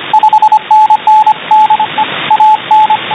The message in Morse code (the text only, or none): 5NN DE AN